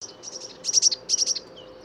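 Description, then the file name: Eurasian blue tit calling: two quick clusters of high, thin, buzzy notes, each cluster made of three or four rapid bursts. "Cyanistes caeruleus"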